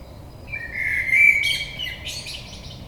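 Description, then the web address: Common blackbird song: a low mellow fluted phrase giving way to a burst of high, scratchy twittering. Recorded on 22 May 2022. "oiseaux Merle 2022 05 22"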